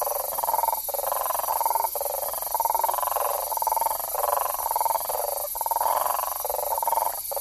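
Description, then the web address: Bufo typhonius group toad calling in pulsed, purring trills of about a second each, repeated with short gaps over a steady high hiss. Recorded in the Ecuadorian Amazon, South America. "Frogs of Ecuadorian Amazon Bufo typhonius"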